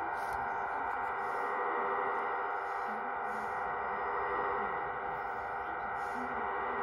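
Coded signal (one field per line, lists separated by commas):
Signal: numbers station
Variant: Cuban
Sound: continuous buzzy multi-tone digital hiss with steady layered tones, under shortwave static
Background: radio static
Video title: Cuban Numbers Station 11.635 Mhz 1/28/23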